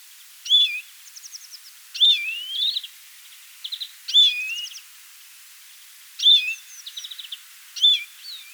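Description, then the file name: European greenfinch giving a loud looped note about every two seconds, each followed by quick ticking trills. "Chloris chloris"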